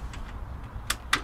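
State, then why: Seated. The locking lift handle on an RV awning arm is closed after the arm has been raised halfway. Over a low background rumble, two sharp clicks sound at 0.9 s and 1.1 s as the handle locks in place.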